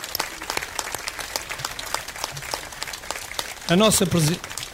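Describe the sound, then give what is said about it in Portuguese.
An audience at a solemn session of a municipal assembly claps steadily, a dense, even patter of many hands that carries through the whole stretch, with a voice speaking loudly over it near the end. “Eu pedi uma grande salva de palmas para elas e eu depois explico porquê.”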